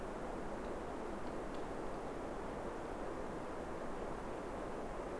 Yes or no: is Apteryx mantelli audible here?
no